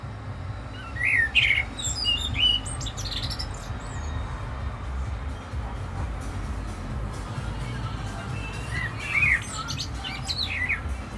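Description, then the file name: Common blackbird song: fluty warbled phrases around the middle pitch ending in high squeaky twitters, heard twice, over a steady low rumbling background noise. "Turdus merula"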